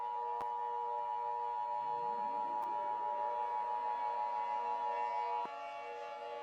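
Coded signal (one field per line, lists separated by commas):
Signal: Emergency Alert System (SAME) tones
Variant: 853 and 960 Hz attention tone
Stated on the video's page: Self-made fictional Emergency Alert System scenario with SAME tones, claiming Wyoming does not exist.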